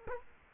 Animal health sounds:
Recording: mosquito wingbeat signal from an infrared sensor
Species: Culex quinquefasciatus

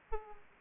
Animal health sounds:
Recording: mosquito wingbeat signal from an infrared sensor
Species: Aedes aegypti

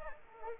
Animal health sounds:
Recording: mosquito wingbeat signal from an infrared sensor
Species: Anopheles arabiensis

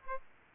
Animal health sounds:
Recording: mosquito wingbeat signal from an infrared sensor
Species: Aedes aegypti

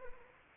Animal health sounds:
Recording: mosquito wingbeat signal from an infrared sensor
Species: Anopheles arabiensis

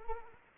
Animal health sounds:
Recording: mosquito wingbeat signal from an infrared sensor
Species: Anopheles arabiensis

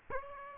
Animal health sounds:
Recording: mosquito wingbeat signal from an infrared sensor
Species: Aedes aegypti

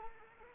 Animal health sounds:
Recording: mosquito wingbeat signal from an infrared sensor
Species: Anopheles arabiensis

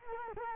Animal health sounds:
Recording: mosquito wingbeat signal from an infrared sensor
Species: Culex quinquefasciatus

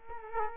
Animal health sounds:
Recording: mosquito wingbeat signal from an infrared sensor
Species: Culex quinquefasciatus

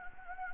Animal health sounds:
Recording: mosquito wingbeat signal from an infrared sensor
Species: Anopheles gambiae

